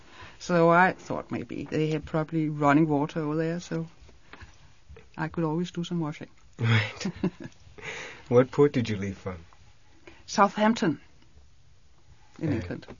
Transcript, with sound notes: So I thought maybe they had probably running water over there, so I could always do some washing. (they laugh)
What port did you leave from?
Southampton. In England.